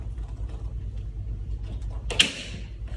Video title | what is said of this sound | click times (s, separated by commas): COVER LUXE COMPLETE INSTALLATION | you put the bottom lip in first and push the top in to snap in place okay okay | 2.2 s